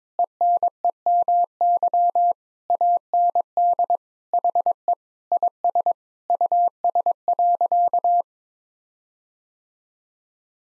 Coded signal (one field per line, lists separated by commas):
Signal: Morse code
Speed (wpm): 22 wpm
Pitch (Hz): 700 Hz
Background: none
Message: ENEMY AND HE IS US.